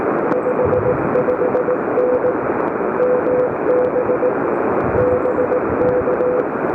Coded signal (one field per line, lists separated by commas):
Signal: Morse code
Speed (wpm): 20 wpm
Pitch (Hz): 500 Hz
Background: radio noise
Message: 55N MB BK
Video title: Low-Profile QRP: A Relaxed (But Noisy) CW Activation at Parc des Moulins!